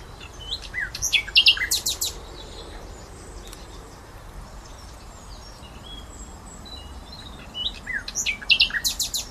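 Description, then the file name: Common nightingale song in two loud bursts of sharp clicking, buzzy notes and short whistles, separated by several seconds of quiet with faint chirps. "Luscinia megarhynchos"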